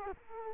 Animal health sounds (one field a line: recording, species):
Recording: mosquito wingbeat signal from an infrared sensor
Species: Culex quinquefasciatus